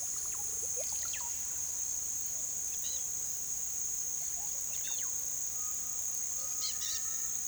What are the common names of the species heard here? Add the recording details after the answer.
Russet-backed Oropendola, Dusky-headed Parakeet, Undulated Tinamou, White-throated Tinamou. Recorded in pastures near Puerto Asís, Putumayo, Colombia, on 20 February 2024 at 17:30. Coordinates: 0.466, -76.323. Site G6384